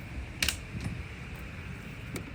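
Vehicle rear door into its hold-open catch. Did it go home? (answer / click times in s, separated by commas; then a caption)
yes / 0.4 s, 0.5 s. The rear doors of a converted ambulance swing open and catch in their hold-open latches with sharp metallic clacks at 0.4 s and 0.5 s, and a fainter tick follows at 2.2 s over a steady background hum. The doors lock into place.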